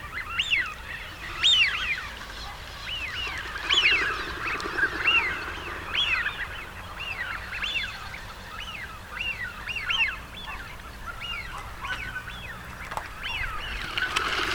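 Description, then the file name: Eurasian wigeon: many shrill whistled 'whee-oo' notes repeating throughout, some overlapping, over a soft hiss. Male. "sviyaz golos samca"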